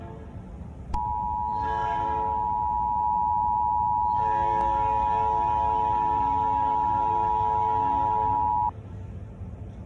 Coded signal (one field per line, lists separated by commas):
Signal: Emergency Alert System (SAME) tones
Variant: 853 and 960 Hz attention tone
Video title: (OLD) Murder Drones: The Fall Of Earth | An Emergency Alert System Scenario